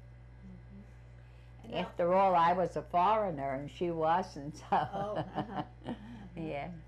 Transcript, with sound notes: Uh-hmm, now —
After all, I was a foreigner and she wasn't. [Laughs]
Oh. Uh-huh.
Yeah.